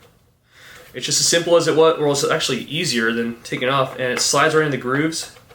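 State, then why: Not seated. A plastic speed feed lid is slid back along the grooves of a paintball hopper shell while someone talks. The lid has not snapped into place or seated yet by the end of the clip.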